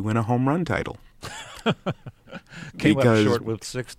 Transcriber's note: laughs